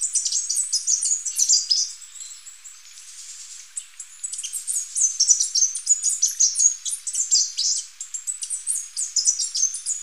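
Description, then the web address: Three-striped warbler song: very high, sibilant twittering in quick bursts, nearly continuous throughout with a short quieter gap early on. Recorded in Ecuador. "Birds of Ecuador. Three-striped Warbler"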